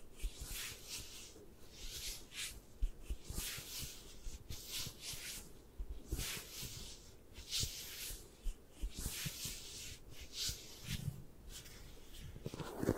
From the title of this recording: 3D Eye Massage, Tapping, Scratching